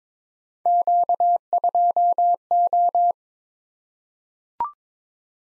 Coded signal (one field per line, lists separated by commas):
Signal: Morse code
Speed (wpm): 21 wpm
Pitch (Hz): 700 Hz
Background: none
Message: Q2O